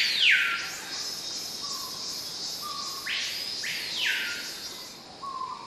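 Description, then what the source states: Cicadas keep up a constant high-pitched hiss while a bird gives a few loud arching whistles and short, soft lower notes in the background. Cicadas in a forest, heard together with exotic birds.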